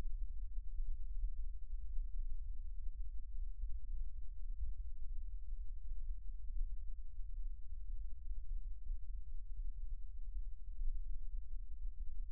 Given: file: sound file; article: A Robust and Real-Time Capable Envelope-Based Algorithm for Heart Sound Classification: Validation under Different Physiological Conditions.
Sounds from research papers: heart sounds by electronic stethoscope; rest; normal; sitting; left side of the back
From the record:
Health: healthy, no known heart disease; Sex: male

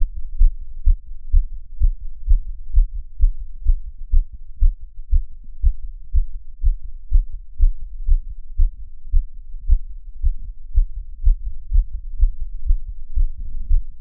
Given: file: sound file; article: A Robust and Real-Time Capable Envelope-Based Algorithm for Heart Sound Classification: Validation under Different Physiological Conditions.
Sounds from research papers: heart sounds by electronic stethoscope; after 5 min of sport; deep; sitting; Erb’s point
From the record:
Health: healthy, no known heart disease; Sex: male

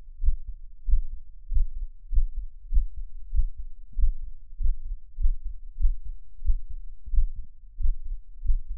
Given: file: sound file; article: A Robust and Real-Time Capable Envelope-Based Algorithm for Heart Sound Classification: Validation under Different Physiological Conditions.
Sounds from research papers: heart sounds by electronic stethoscope; after 5 min of sport; deep; sitting; Erb’s point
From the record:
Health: healthy, no known heart disease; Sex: male

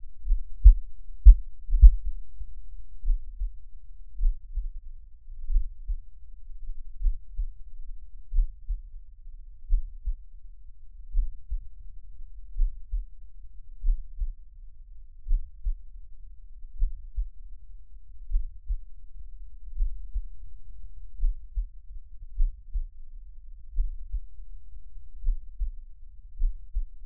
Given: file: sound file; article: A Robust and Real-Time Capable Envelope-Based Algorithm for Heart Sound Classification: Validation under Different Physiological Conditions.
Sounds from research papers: heart sounds by electronic stethoscope; rest; normal; sitting; Erb’s point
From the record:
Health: healthy, no known heart disease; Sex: male

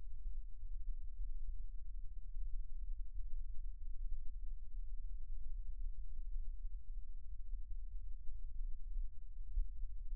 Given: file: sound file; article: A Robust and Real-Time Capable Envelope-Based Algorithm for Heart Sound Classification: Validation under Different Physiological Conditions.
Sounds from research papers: heart sounds by electronic stethoscope; rest; normal; sitting; centre of the back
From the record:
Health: healthy, no known heart disease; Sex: male

